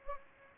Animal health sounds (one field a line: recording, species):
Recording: mosquito wingbeat signal from an infrared sensor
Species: Anopheles gambiae